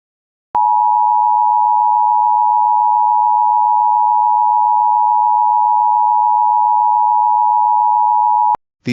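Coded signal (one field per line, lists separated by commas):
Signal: Emergency Alert System (SAME) tones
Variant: 853 and 960 Hz attention tone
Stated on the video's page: Mock EAS alert tones, a fictional recreation.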